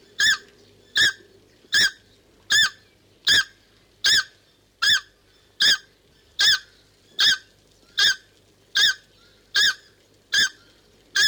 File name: takahe song